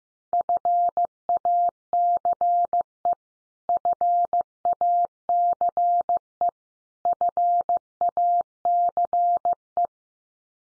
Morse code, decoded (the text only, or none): FACE FACE FACE